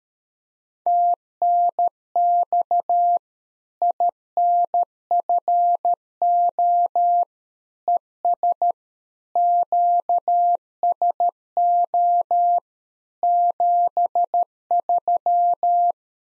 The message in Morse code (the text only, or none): TNX INFO ES QSO 73